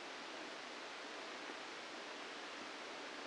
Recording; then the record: brain microelectrode recording played as sound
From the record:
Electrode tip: inside the subthalamic nucleus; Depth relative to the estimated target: 1 mm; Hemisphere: left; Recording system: NeuroSet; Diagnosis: Parkinson's disease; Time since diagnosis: 8 years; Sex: male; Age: 65 years